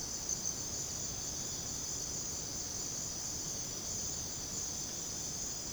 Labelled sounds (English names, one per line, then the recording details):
none
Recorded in secondary vegetation near Puerto Asís, Putumayo, Colombia, on 20 December 2024 at 01:30
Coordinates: 0.489, -76.322
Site G059